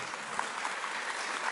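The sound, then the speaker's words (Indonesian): Steady applause from an audience, a dense wash of many hands clapping at an even level with no pauses, fairly soft overall, and no one speaking over it. “Aku boleh tepuk tangan lah biar rame ya.”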